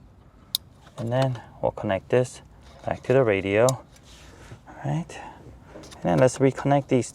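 A plastic amplifier wiring harness connector is pushed into the radio harness plug behind the radio of a 2020-2023 Toyota Tacoma without JBL during a DSP amplifier installation. One sharp click at 0.6 s shows the connector has seated, then someone talks.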